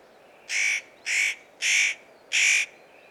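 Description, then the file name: Spotted nutcracker calling with four hoarse, grating notes spaced a little over half a second apart against a quiet hissing background. Recorded on Immenstädter Horn, Oberallgäu, 9 March 2014. "Tannenhaeher 09 03 2014 Immenstaedter Horn OA Johannes Honold"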